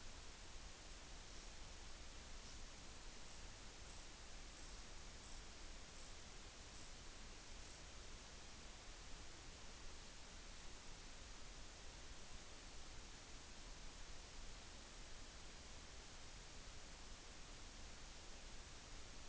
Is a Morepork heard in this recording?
no